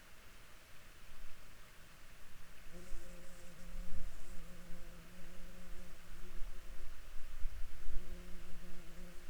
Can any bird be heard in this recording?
no